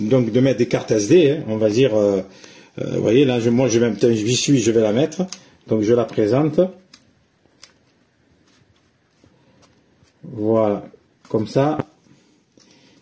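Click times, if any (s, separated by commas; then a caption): 7.6 s. A microSD memory card is pushed into the card slot of a Nintendo Switch OLED console while someone talks. After a quiet pause, soft taps come at about 6.9 s and 7.0 s, then a sharp little click at 7.6 s confirms the card is seated in position, and talking resumes.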